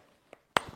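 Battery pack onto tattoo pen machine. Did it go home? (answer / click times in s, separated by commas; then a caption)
yes / 0.6 s. A rechargeable battery pack is clipped onto a JConly Epoch R3 wireless tattoo pen machine. A faint tick at 0.3 s comes before one sharp, loud snap at 0.6 s, when the battery seats firmly in place, followed by low rustling.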